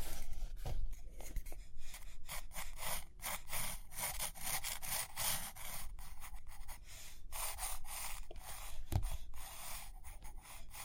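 Pages turn and a pen or pencil scratches across paper in short, dense strokes, bright and papery, coming in rapid bursts with brief gaps. A few soft low taps land near the start and around nine seconds.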